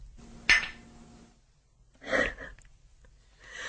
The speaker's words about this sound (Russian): Ну, чокнемся, Сашенька. Только тихонечко.